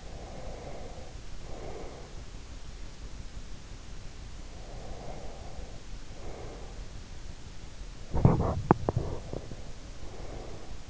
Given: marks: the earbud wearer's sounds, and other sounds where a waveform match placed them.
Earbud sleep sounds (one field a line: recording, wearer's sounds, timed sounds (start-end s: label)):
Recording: sounds in sleep by an in-ear microphone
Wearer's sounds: breath, teeth grinding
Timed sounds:
0.00-2.19 s: breath
4.51-6.91 s: breath
8.08-8.94 s: teeth grinding
9.04-10.90 s: breath